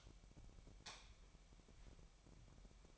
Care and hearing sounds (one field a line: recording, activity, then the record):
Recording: daily activity, microphone in the room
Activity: light off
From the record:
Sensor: 1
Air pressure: 1012.0 hPa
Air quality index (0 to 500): 232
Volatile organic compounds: 6 ppm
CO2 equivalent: 1849 ppm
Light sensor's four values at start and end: 18/49/20/22 and 15/35/15/17